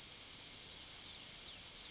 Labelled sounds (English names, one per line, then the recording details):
Yellowhammer song
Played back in forest
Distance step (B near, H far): B
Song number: 046